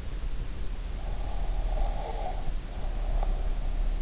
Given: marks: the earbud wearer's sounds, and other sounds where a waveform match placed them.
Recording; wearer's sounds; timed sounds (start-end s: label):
sounds in sleep by an in-ear microphone; breath
1.16-3.95 s: breath